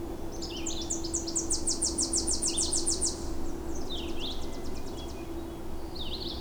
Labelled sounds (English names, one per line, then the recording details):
Red-eyed Vireo song
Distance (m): 45 m
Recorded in boreal forest in Alberta, Canada, on 26 May 2016 at 07:08
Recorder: SongMeter 3, array SBT-3-15
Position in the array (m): 109 m, 193 m